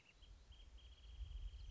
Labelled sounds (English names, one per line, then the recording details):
Wrentit
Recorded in Sonoma County, California